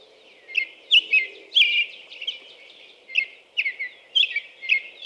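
American robin caroling: a string of short, slurred whistled phrases with small gaps between them.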